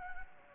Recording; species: mosquito wingbeat signal from an infrared sensor; Anopheles gambiae